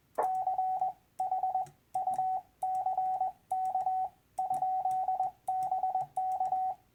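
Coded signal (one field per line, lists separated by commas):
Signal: Morse code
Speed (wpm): 20 wpm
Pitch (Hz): 750 Hz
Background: radio noise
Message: CHUCK? BK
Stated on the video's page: Weak DX station near the noise floor on 80 meters at night, worked with 5 watts QRP into a very low end-fed half-wave antenna.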